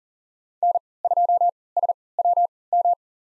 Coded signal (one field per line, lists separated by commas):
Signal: Morse code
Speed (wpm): 40 wpm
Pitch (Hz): 700 Hz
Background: none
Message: N2SWM